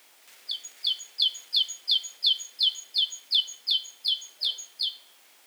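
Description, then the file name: Great tit song: a steady string of about thirteen high, bright two-part notes, repeated evenly roughly three times a second, against a quiet background. "Parus major"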